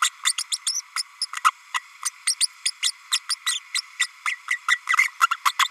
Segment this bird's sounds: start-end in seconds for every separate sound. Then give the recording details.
0.01-0.10, 0.24-0.32, 0.38-0.43, 0.52-0.57, 0.65-0.81, 0.96-1.02, 1.21-1.26, 1.44-1.51, 1.74-1.79, 2.05-2.10, 2.26-2.35, 2.40-2.47, 2.65-2.70, 2.83-2.92, 3.11-3.19, 3.29-3.35, 3.46-3.59, 3.74-3.81, 3.99-4.06, 4.25-4.35, 4.50-4.58, 4.68-4.79, 4.97-5.08, 5.21-5.26, 5.31-5.36, 5.45-5.52, 5.59-5.68. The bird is a female. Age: 32 days. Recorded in a nest box in Venezuela. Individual 17B32A5